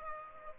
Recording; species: mosquito wingbeat signal from an infrared sensor; Aedes aegypti